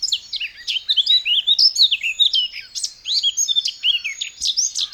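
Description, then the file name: Eurasian blackcap pouring out a continuous, jumbled warble of quick high chirps, trills and slurred notes. "Sylvia atricapilla"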